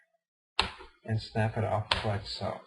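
A plastic screen bezel on the display lid of a Toshiba A505 laptop is pried up along its seam until a retaining clip lets go with one sharp snap at 0.6 s. Someone talks afterward, and the clip is released.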